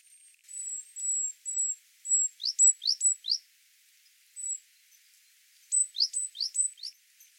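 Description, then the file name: Great tit calling, first several thin level high whistles, then quick clusters of sharp downward-sliding notes in two bursts, separated by a short pause. "Parus major"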